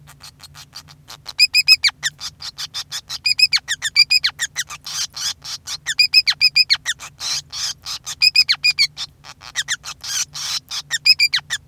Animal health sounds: song of a male Bengalese finch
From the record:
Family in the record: son of father 5

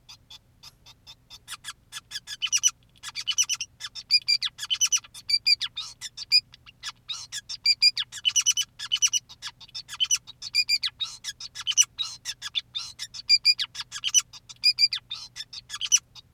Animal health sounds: song of a male Bengalese finch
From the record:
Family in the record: son of father 2, and himself father 5

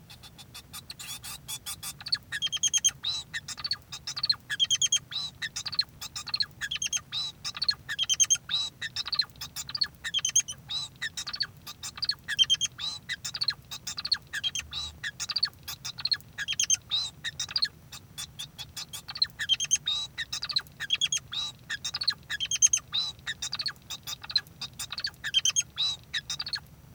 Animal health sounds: song of a male Bengalese finch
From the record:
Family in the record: son of father 2

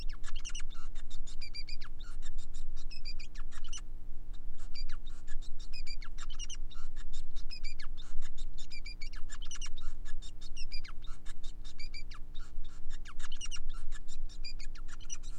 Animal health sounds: song of a male Bengalese finch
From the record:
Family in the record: son of father 5

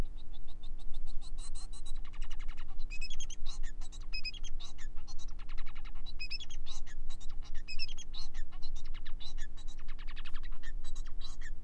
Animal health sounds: song of a male Bengalese finch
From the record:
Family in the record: son of father 4

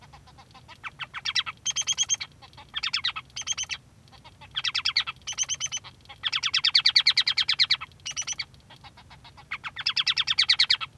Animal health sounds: song of a male Bengalese finch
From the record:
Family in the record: son of father 3

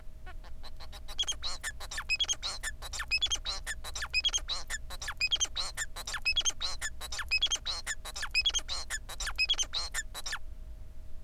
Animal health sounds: song of a male Bengalese finch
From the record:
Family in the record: son of father 4

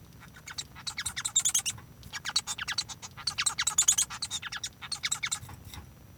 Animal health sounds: song of a male Bengalese finch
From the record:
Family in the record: son of father 1

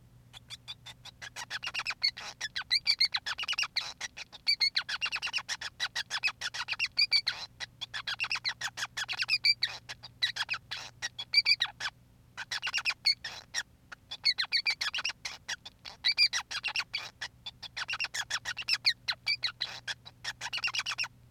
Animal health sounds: song of a male Bengalese finch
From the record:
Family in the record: son of father 5

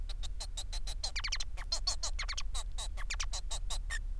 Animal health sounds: song of a male Bengalese finch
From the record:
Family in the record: son of father 4

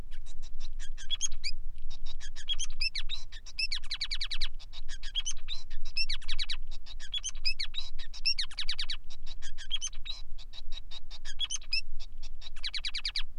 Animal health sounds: song of a male Bengalese finch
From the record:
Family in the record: son of father 5

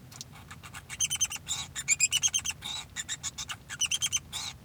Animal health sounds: song of a male Bengalese finch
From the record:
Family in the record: son of father 2

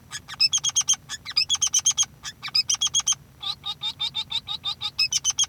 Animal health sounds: song of a male Bengalese finch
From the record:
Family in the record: son of father 3

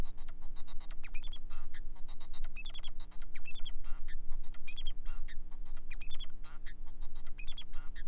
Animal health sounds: song of a male Bengalese finch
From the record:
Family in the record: son of father 4

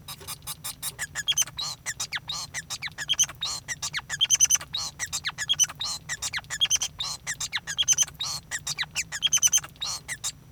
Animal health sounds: song of a male Bengalese finch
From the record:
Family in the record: son of father 5

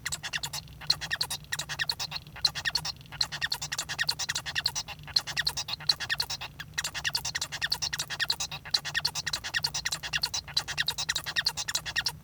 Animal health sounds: song of a male Bengalese finch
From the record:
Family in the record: son of father 1

